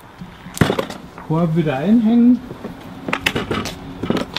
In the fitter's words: Wird einfach wieder runtergedrückt, bis er einrastet.